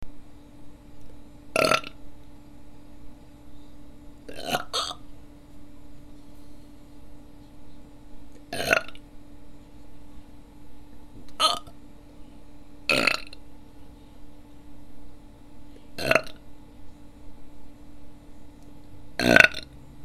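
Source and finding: Adult. Hiccups.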